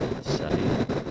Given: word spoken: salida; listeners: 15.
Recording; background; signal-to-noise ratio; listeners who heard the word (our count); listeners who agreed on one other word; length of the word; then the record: one Spanish word in noise, from a listening test; noise modulated by three-talker babble; -7.2 dB; 0 of 15; 13 of 15; 0.71 s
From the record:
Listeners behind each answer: 13, 1, 1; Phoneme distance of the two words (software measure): 17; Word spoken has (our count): 3 syllables, 6 phonemes, stress on syllable 2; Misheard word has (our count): 2 syllables, 5 phonemes, stress on syllable 2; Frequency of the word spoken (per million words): 104.21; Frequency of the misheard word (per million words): 147.13